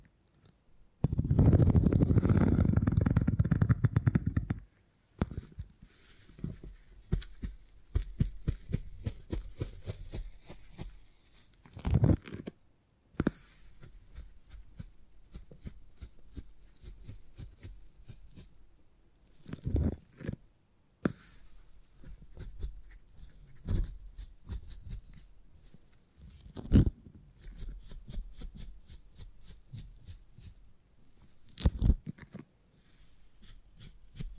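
Soft sticky crackling and squishing from beeswax being handled, with a loud, dense crumpling burst in the first few seconds. After that the handling stays quiet and fairly steady, broken by sharp clicks and taps around 12, 20, 27 and 32 seconds.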